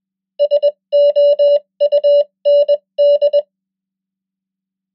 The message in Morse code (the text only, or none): SOUND